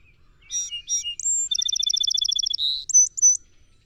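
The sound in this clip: Song Sparrow song, clear and complete: two slurred notes, a high whistle, a fast trill, a brief buzz and three sharp ending notes.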